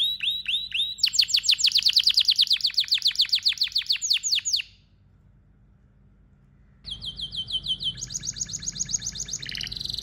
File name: canary